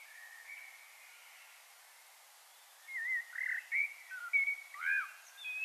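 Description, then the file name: Common blackbird song of slurred fluty notes and a few higher squeaks, heard over a steady background hiss after a quiet opening. "Turdus merula"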